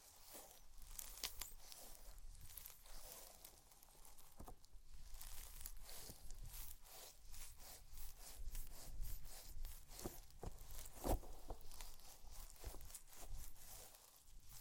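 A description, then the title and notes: Slime being squished and stretched, with a steady stream of wet, sticky crackles and pops packed closely together throughout. Sharp clicks and snaps stand out, with a louder pop near eleven seconds, over a soft low rumble underneath. ASMR SLIME! 5 Satisfying Slimes.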